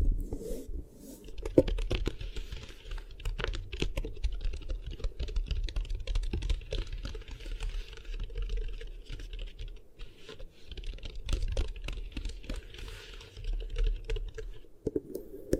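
Beeswax ear triggers: a steady stream of soft sticky clicks and crackles, dense and irregular like rapid typing, runs through all sixteen seconds. A low, constant rumble sits underneath, with a few sharper pops near the two- and fifteen-second marks.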